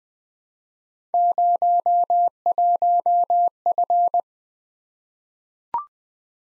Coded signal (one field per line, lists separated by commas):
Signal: Morse code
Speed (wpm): 20 wpm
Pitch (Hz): 700 Hz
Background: none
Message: 01F